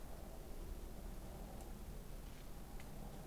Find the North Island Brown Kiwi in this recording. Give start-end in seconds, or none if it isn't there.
none